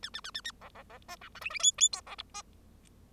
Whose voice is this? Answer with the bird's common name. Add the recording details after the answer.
Bengalese Finch. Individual Bird0